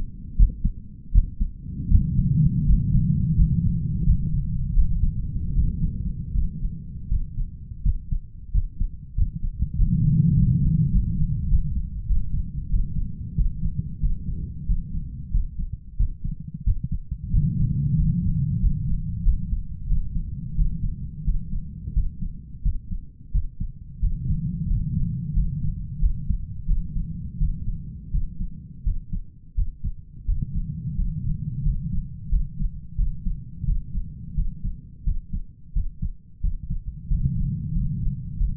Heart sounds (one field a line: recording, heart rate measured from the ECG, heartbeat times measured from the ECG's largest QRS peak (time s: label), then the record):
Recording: heart sounds by stethoscope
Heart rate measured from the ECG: 88 bpm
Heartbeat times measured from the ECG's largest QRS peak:
0.37 s: heartbeat
1.13 s: heartbeat
1.89 s: heartbeat
2.65 s: heartbeat
3.36 s: heartbeat
4.05 s: heartbeat
4.74 s: heartbeat
5.53 s: heartbeat
6.33 s: heartbeat
7.09 s: heartbeat
7.83 s: heartbeat
8.52 s: heartbeat
9.15 s: heartbeat
9.76 s: heartbeat
10.34 s: heartbeat
10.91 s: heartbeat
11.48 s: heartbeat
12.06 s: heartbeat
12.69 s: heartbeat
13.36 s: heartbeat
14.01 s: heartbeat
14.66 s: heartbeat
15.32 s: heartbeat
15.97 s: heartbeat
16.64 s: heartbeat
17.31 s: heartbeat
17.97 s: heartbeat
18.60 s: heartbeat
19.23 s: heartbeat
19.87 s: heartbeat
20.55 s: heartbeat
21.24 s: heartbeat
21.93 s: heartbeat
22.63 s: heartbeat
23.32 s: heartbeat
24.00 s: heartbeat
24.67 s: heartbeat
25.34 s: heartbeat
25.99 s: heartbeat
26.66 s: heartbeat
27.38 s: heartbeat
28.11 s: heartbeat
28.84 s: heartbeat
29.55 s: heartbeat
30.25 s: heartbeat
30.95 s: heartbeat
31.63 s: heartbeat
32.29 s: heartbeat
32.96 s: heartbeat
33.65 s: heartbeat
34.35 s: heartbeat
35.04 s: heartbeat
35.73 s: heartbeat
36.41 s: heartbeat
37.08 s: heartbeat
37.73 s: heartbeat
38.37 s: heartbeat
From the record:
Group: healthy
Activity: rest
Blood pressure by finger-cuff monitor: 119/76 mmHg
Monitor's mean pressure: 89 mmHg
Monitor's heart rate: 88 bpm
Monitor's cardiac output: 7.6 L/min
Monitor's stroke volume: 86 mL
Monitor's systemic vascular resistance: 840 dyn s/cm5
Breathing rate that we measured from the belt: 9 breaths a minute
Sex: male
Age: 33 years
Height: 179 cm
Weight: 80.4 kg